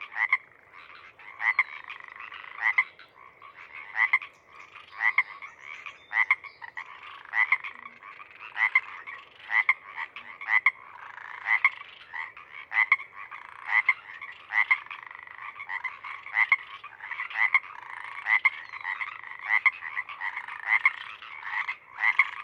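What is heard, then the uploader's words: Chorus frogs croak and ribbit in a dense, bright, steady chorus, with sharp calls repeating roughly every second over a continuous trilling bed. Chorus Frogs, Awaken. Coming out right around sunset, the first members of a pod tentatively cree-eek and ribbit their way until more come up from their overnight burrows to join. Whether you know it as Pseudacris regilla (Pacific Chorus Frog) or Hyla regilla (Pacific Treefrog), its voice is instantly recognizable.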